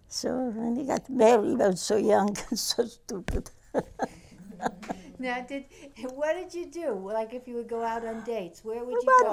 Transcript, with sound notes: So, and he got barely – got -- so young and so stupid. (laughs)
Now did, what did you do? Like, if you would go out on dates. Where would you go?